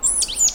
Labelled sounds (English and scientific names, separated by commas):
Stitchbird (Notiomystis cincta) song